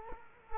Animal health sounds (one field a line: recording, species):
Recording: mosquito wingbeat signal from an infrared sensor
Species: Culex quinquefasciatus